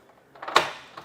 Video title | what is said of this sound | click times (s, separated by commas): etrailer - Thule Verse 2 Bike Rack Test Fit - 2025 Hyundai Palisade | till it clicks into place. | 0.6 s